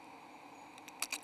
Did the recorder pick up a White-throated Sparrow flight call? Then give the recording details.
no. No flight call is heard. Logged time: 22:17 on 16 December 2014